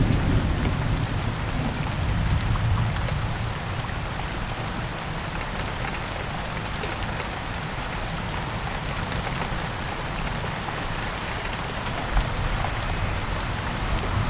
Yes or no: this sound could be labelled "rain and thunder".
yes